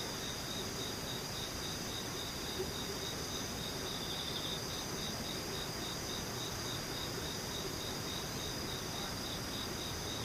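Insects sing without a break, a high, shrill chorus made of rapid, evenly pulsing trills layered at several pitches. The level stays steady for the whole stretch, over a soft low rumble and hiss underneath.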